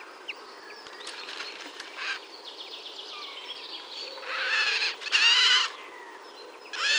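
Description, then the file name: Eurasian jay giving two loud, rasping screeches in the second half, then another starting at the end, with softer chirps and twitters from other birds before them. "Garrulus glandarius"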